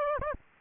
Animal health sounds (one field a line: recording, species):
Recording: mosquito wingbeat signal from an infrared sensor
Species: Aedes aegypti